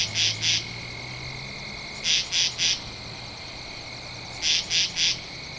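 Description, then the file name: Katydid sounding raspy pulse groups of two, three and three, evenly spaced, with a steady shrill chorus of insects underneath. Recorded on 2 October 2012. "Katydid-20121002"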